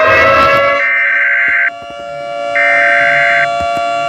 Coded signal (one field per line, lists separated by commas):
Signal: Emergency Alert System (SAME) tones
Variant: header bursts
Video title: eas scenario 1# thomas.exe